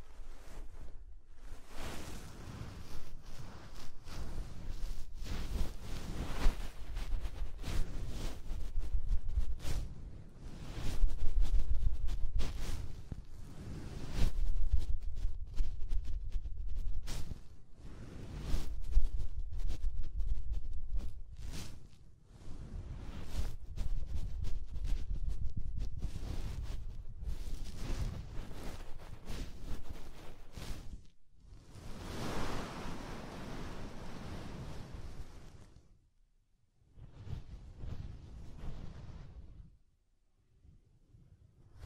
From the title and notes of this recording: ASMR Deep Ear Tingles Soft & Fluffy Triggers (No Talking).